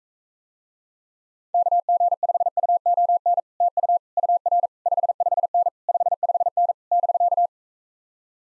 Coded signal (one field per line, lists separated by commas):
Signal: Morse code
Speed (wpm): 44 wpm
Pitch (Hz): 700 Hz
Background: none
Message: KG5UON TU UR 55N 55N <BK>